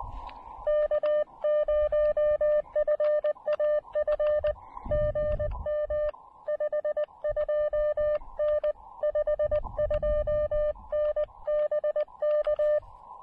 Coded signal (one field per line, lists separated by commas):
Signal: Morse code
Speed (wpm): 20 wpm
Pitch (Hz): 600 Hz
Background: none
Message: K0FAF GM 52N 52N BK